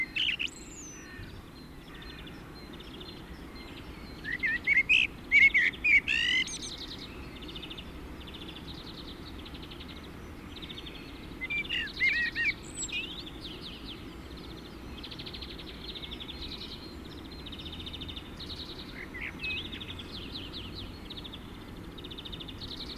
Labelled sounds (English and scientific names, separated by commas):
Common Blackbird (Turdus merula) song